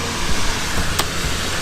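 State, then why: Seated. A 6-stop ND filter is slid carefully into a filter holder mounted over a lens, against a steady broadband hiss with low rumble. A single sharp, short click at 0.99 s marks the filter seating in place.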